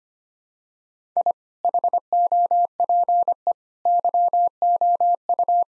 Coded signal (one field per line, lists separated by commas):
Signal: Morse code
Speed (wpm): 25 wpm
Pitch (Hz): 700 Hz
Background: none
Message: I HOPE YOU